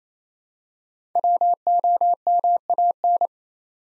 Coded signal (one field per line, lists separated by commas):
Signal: Morse code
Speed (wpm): 29 wpm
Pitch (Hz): 700 Hz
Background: none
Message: WOMAN